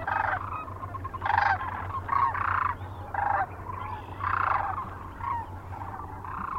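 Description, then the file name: Sandhill Crane rolling, trumpeting calls in short bursts, several birds calling over one another in an overlapping chorus, with a steady low hum beneath. Recorded 9 March 2004 near Kearney, Nebraska. "2004-03-09 SACRandmore Kerney NE"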